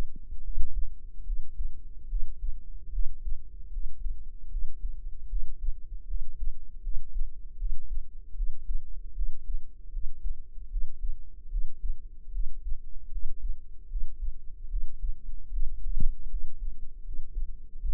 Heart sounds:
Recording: heart sounds by microphone in the right ear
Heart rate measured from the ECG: 76 bpm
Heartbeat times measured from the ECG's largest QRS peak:
0.41 s: heartbeat
1.23 s: heartbeat
2.07 s: heartbeat
2.90 s: heartbeat
3.70 s: heartbeat
4.48 s: heartbeat
5.27 s: heartbeat
6.05 s: heartbeat
6.80 s: heartbeat
7.56 s: heartbeat
8.33 s: heartbeat
9.13 s: heartbeat
9.90 s: heartbeat
10.68 s: heartbeat
11.48 s: heartbeat
12.30 s: heartbeat
13.09 s: heartbeat
13.87 s: heartbeat
14.67 s: heartbeat
15.49 s: heartbeat
16.27 s: heartbeat
17.02 s: heartbeat
17.78 s: heartbeat
From the record:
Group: healthy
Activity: rest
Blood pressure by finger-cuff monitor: 97/65 mmHg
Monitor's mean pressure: 75 mmHg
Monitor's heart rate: 76 bpm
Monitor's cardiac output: 5.6 L/min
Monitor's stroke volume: 76 mL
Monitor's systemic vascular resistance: 970 dyn s/cm5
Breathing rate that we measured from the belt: 18 breaths a minute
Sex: female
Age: 22 years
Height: 160 cm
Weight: 45 kg

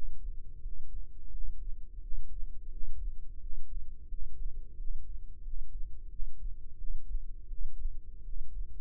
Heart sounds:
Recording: heart sounds by microphone in the left ear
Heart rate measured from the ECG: 87 bpm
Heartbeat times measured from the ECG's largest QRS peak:
0.62 s: heartbeat
1.31 s: heartbeat
2.01 s: heartbeat
2.71 s: heartbeat
3.40 s: heartbeat
4.09 s: heartbeat
4.77 s: heartbeat
5.43 s: heartbeat
6.10 s: heartbeat
6.78 s: heartbeat
7.48 s: heartbeat
8.24 s: heartbeat
From the record:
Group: healthy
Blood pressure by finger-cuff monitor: 96/55 mmHg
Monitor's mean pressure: 67 mmHg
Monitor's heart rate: 87 bpm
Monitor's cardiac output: 8 L/min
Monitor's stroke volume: 91 mL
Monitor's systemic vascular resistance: 590 dyn s/cm5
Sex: male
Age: 19 years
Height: 178 cm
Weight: 83 kg

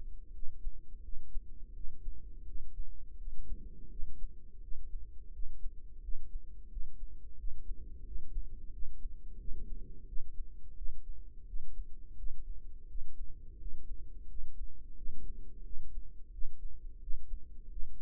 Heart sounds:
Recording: heart sounds by microphone in the right ear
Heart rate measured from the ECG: 86 bpm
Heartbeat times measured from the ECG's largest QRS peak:
0.31 s: heartbeat
1.01 s: heartbeat
1.73 s: heartbeat
2.44 s: heartbeat
3.17 s: heartbeat
3.89 s: heartbeat
4.61 s: heartbeat
5.32 s: heartbeat
6.01 s: heartbeat
6.69 s: heartbeat
7.37 s: heartbeat
8.05 s: heartbeat
8.72 s: heartbeat
9.38 s: heartbeat
10.06 s: heartbeat
10.76 s: heartbeat
11.46 s: heartbeat
12.17 s: heartbeat
12.88 s: heartbeat
13.59 s: heartbeat
14.28 s: heartbeat
14.96 s: heartbeat
15.64 s: heartbeat
16.31 s: heartbeat
17.00 s: heartbeat
17.69 s: heartbeat
From the record:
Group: healthy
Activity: rest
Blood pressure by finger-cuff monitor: 121/76 mmHg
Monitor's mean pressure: 90 mmHg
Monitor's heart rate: 87 bpm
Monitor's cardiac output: 6.1 L/min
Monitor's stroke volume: 71 mL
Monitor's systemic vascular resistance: 1070 dyn s/cm5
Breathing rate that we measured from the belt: 10 breaths a minute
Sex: female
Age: 43 years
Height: 160 cm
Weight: 90 kg

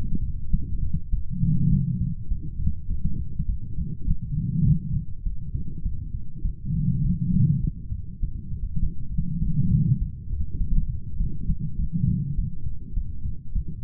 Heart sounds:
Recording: heart sounds by stethoscope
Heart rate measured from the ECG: 101 bpm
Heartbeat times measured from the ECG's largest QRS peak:
0.50 s: heartbeat
1.09 s: heartbeat
1.69 s: heartbeat
2.27 s: heartbeat
2.87 s: heartbeat
3.46 s: heartbeat
4.05 s: heartbeat
4.64 s: heartbeat
5.23 s: heartbeat
5.82 s: heartbeat
6.42 s: heartbeat
7.01 s: heartbeat
7.60 s: heartbeat
8.20 s: heartbeat
8.79 s: heartbeat
9.39 s: heartbeat
9.98 s: heartbeat
10.57 s: heartbeat
11.17 s: heartbeat
11.76 s: heartbeat
12.35 s: heartbeat
12.93 s: heartbeat
13.52 s: heartbeat
From the record:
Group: healthy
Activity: light exercise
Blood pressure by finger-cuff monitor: 141/72 mmHg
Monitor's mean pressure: 96 mmHg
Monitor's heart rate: 101 bpm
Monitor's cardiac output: 10 L/min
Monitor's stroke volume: 99 mL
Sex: female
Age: 32 years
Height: 172 cm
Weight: 71.7 kg

